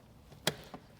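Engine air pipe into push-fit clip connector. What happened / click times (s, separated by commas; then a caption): The pipe clicked into its push-fit connector / 0.5 s. A boost/air pipe on a Mercedes C63 engine is pushed into its push-fit quick-connector, which is held by spring clips on each side. A single loud, sharp click at 0.5 s shows the pipe seating, followed by a fainter tap at about 0.7 s. The pipe is seated in the connector.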